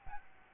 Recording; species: mosquito wingbeat signal from an infrared sensor; Aedes albopictus